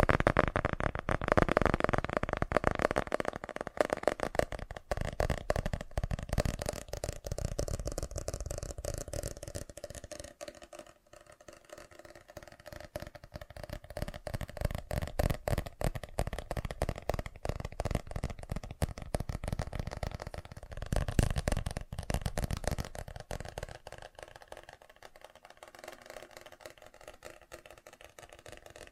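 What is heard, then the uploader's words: Fast tapping runs the whole way through, a dense, rapid stream of small crisp clicks with a rattling, card-shuffle texture. It starts loudest, thins and softens around ten to twelve seconds, swells again near twenty-one seconds, then fades to a quieter patter. FAST TAPPING (No Talking).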